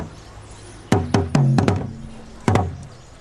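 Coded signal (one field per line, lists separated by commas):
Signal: talking drum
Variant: Asante atumpan (Akan)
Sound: about seven deep resonant drum strokes, some pitches bending downward, in two clusters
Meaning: Come, a call summoning someone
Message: come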